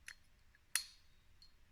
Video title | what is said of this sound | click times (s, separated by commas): Clargo Garage-disassembly / reassembly of motorcycle front forks 1700 yamaha silverado-episode 26 | Not sure if you heard that little snap. That was the keeper going in place. | 0.8 s